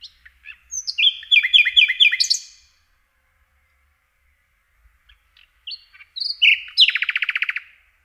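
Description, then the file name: Common nightingale song in two phrases split by a pause: first a run of repeated liquid chirps, later whistled notes leading into a rapid trill. "Slowik rdzawy"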